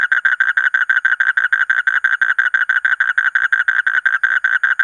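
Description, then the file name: Asian common toad giving an even, rapid run of short croaking pulses, monotonous and unbroken for the whole stretch. "suara kodok bangkong kolong kodok buduk"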